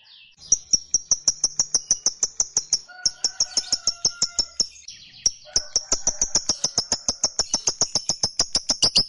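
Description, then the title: Lovebird producing a rapid stream of sharp, clicking chatter notes, with a brief break midway before the fast run resumes. Fighter-type lovebird giving a long chattering ngekek call. "Begitu Dengar Suara Lovebird FIGHTER NGEKEK PANJANG"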